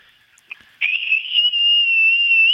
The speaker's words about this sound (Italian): quanto ha raggiunto questo fischio? 6000 Hz. 6000 Hz in pieno. Ha preso 1000 Hz in più rispetto al precedente. Ma come faceva ad avere tanta precisione che lei era capace di mettere un fischio da 6000 Hz?